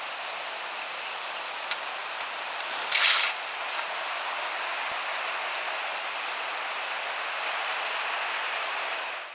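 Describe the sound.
Blackburnian warbler song: a series of very high, thin, sharp notes spaced about half a second to a second apart, over a steady high insect hum.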